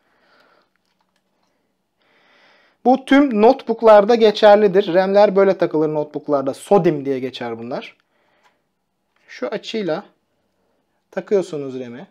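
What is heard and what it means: A RAM module is held at an angle in the memory slot of an Acer Nitro 5 AN515-44-R6LB (NH.Q9HEY.00A) laptop, lined up before being pressed down. Someone talks through most of the clip, with a small tick near 9.2 s. Nothing has seated or clicked yet.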